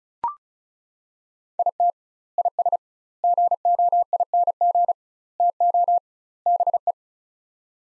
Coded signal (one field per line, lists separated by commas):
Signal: Morse code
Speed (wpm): 36 wpm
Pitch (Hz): 700 Hz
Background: none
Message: IT IS GOING TO BE